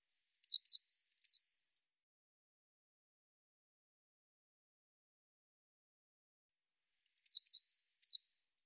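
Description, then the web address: Eurasian blue tit repeating its call phrase twice, about seven seconds apart, each with paired high level notes alternating with sharply falling notes. "cianscape birddata Deverinetal 2025 File cleaned normalized Bird Cy Ca"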